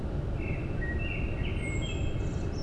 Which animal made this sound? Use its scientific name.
Turdus merula